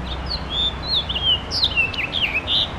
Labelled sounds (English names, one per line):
House Finch song